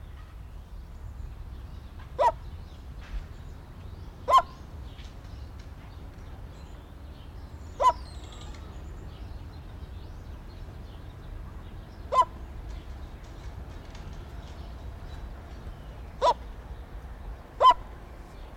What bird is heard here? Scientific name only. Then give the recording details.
Cariama cristata. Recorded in captivity. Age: adult. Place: Zoo Berlin, Berlin, DE. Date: 1993-03-20 12:28. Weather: 5-8°C, böiger Wind. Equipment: Marantz CP 430, Sennheiser ME 80, Kopie Uher Variocord 263. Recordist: Tembrock, Günter